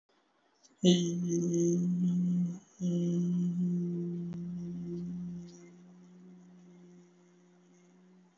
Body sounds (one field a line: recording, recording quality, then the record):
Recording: sustained vowel as in beet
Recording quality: excellent, no background noise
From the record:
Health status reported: healthy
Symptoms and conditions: none ticked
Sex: male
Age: 22 years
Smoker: not ticked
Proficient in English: yes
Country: India